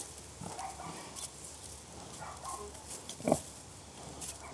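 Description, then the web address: Pig giving one sharp, loud grunt late after quiet rustling and faint low snuffles. Pigs grunting; livestock. "The BBC Sound Effects Library Livestock Pigs Grunting"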